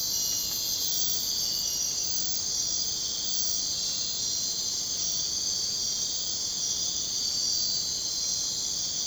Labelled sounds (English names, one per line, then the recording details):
none
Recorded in secondary vegetation near Puerto Asís, Putumayo, Colombia, on 23 June 2025 at 02:30
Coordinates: 0.484, -76.319
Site G074